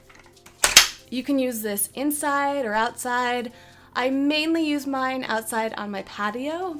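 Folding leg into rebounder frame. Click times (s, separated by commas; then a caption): 0.6 s, 0.8 s. A folding leg of a folding mini-trampoline (rebounder) is snapped into its locked position in the frame, giving sharp snaps at 0.6 s and 0.8 s as the leg seats. Someone then talks.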